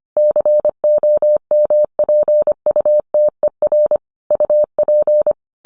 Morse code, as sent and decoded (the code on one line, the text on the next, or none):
-.-. --- -- .--. ..- - . .-. / ..- .--.
COMPUTER UP